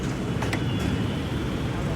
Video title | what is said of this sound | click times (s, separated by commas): ഒരെണ്ണം കൂടെ എടുത്തു // Take one with you. | Lock ചെയ്തു കേട്ടോ. | 0.4 s, 0.5 s